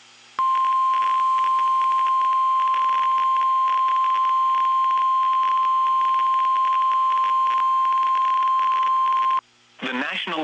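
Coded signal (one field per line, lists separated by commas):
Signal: Emergency Alert System (SAME) tones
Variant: 1050 Hz attention tone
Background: speech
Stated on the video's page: Severe thunderstorm warning EAS tones for Nashville, Tennessee, captured from a livestream.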